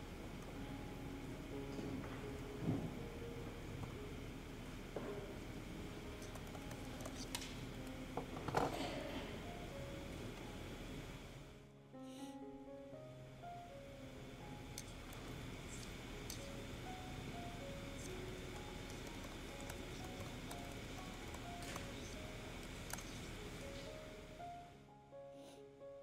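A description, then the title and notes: Steady murmur of activity in the Yale library, with scattered knocks and clinks, a brief lull near twelve seconds, then continued soft chatter. Study with me at hogwarts (aka the yale library!).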